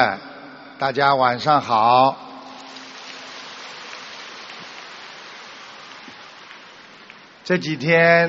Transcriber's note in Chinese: 掌声